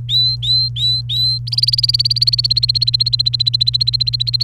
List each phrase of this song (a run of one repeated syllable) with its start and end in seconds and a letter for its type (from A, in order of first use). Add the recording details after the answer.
0.00-1.38 A, 1.47-4.43 B. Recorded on 29 April 2018 at 11:01. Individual llb3